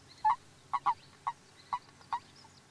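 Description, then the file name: Common toad giving six short croaking notes at irregular intervals, two in a quick pair. "Barna varangy"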